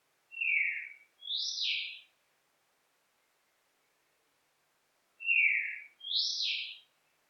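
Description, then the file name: Bird call in two-part phrases: a falling whistled note followed by a higher rising then falling note, the pair given twice with a long silent gap between. "Exotic Bird"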